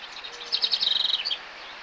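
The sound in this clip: Bird chirping: a quick burst of high, thin notes running into a brief rapid trill, then two short separate chirps, with faint background hiss.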